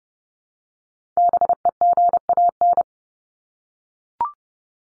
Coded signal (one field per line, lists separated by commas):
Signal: Morse code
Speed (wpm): 30 wpm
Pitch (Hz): 700 Hz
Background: none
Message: BEGAN